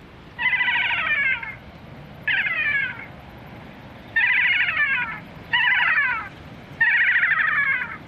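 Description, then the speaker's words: Kea call: five loud, drawn-out, descending screeching calls separated by short pauses, over faint background noise. Happy kea call played early on a sunny, warm day from a Fox Pro speaker to attract kea for banding by the Kea Conservation Trust and Arthur's Pass Wildlife Trust. "what's the name of that call, George? That one's a happy kea."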